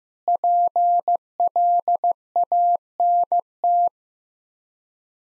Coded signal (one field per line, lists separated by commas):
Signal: Morse code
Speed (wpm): 15 wpm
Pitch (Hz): 700 Hz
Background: none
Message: PLANT